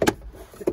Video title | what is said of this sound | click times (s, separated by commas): How to Replace Cabin Filter Honda CRV | so if you just push in a little it clips | 0.0 s